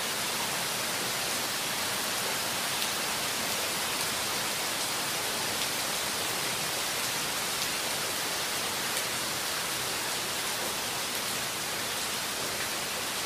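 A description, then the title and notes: Soft rain falls steadily, a dense, even hiss that stays the same level throughout with no breaks. The sound is bright and airy, with a faint low rumble underneath and occasional tiny ticks of drops standing out from the wash. Soft rain fall.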